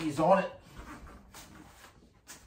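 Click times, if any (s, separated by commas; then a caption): none. A cot leg is handled against the side pole frame of an ultralight cot while weight is put on the cot to tension the fabric. Someone talks, and soft fabric and handling noises follow, with a brief sharper sound at 1.4 s. Nothing has seated or clicked yet; this cot has no clicking feature.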